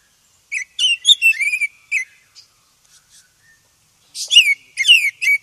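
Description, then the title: Oriental magpie-robin song of clear whistled and slurred notes in quick clusters, a pause, then more chirping whistles. Black form. "KACER HITAM"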